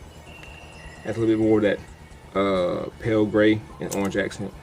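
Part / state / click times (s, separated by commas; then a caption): accessory part into its mount on an action figure / not seated / none. An accessory part is being handled and fitted toward its mount on a die-cast Metal Build Evangelion Unit-01 Test Type action figure while someone talks over a faint background hum. Nothing has seated or clicked yet; the clip ends before the part goes home.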